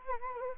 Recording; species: mosquito wingbeat signal from an infrared sensor; Anopheles gambiae